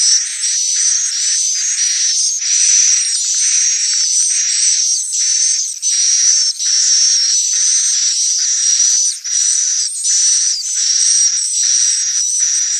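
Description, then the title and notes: Swiftlet calls: continuous buzzy twittering cut into blocks by brief pauses, overlaid by a constant piercing whistle. Swiftlet sound used for swiftlet farming in Asia. "Swiflet Bird Sound. Farming Swiflet Bird asia sound"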